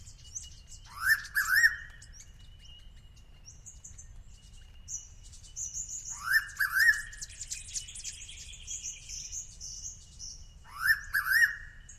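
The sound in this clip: Noisy pitta double whistles repeat roughly every five seconds, with chirps from other birds in the gaps.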